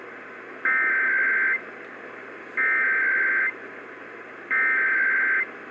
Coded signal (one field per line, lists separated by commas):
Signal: Emergency Alert System (SAME) tones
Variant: header bursts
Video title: [EAS #59] Utah's Required Monthly Test (Fail)